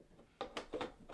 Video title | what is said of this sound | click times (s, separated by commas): Dell 27in 165Hz 1440p Curved Gaming Monitor Unboxing // S2722DGM | just align it make sure it's good it's very flush and it'll clock right in like that | 0.4 s